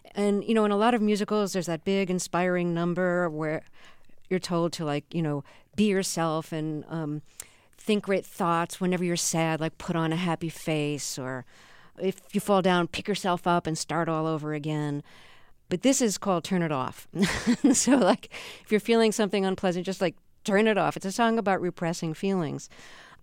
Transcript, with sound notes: And, you know, in a lot of musicals, there's that big, inspiring number where you're told to, like, you know, be yourself and think great thoughts whenever you're sad, like, put on a happy face, or if you fall down, pick yourself up and start all over again.
But this is called "Turn It Off" (laughter). And so, like, if you're feeling something unpleasant, just, like, turn it off. It's a song about repressing feelings.